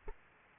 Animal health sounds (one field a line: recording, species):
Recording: mosquito wingbeat signal from an infrared sensor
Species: Aedes aegypti